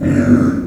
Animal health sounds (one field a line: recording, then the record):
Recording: squeal of a Yucatan mini pig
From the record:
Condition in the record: after surgery on the right vocal fold (resection and tissue-engineered implant)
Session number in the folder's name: 7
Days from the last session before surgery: 47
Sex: female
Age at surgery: 19 weeks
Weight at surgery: 25 kg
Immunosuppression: prednisolone